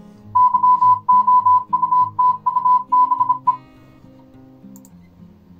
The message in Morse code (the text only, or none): YOUTUBE